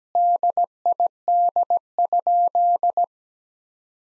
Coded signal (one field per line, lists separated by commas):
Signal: Morse code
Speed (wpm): 17 wpm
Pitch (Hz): 700 Hz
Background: none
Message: DID?